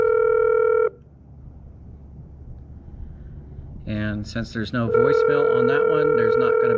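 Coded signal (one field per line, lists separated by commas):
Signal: telephone call progress tone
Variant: North America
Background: speech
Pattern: ringback tone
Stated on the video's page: Call progress tone on a minimal AREDN mesh phone setup: a FreePBX PBX and a Cisco SPA504G IP phone, with the PBX linked to an outside POTS SIP service.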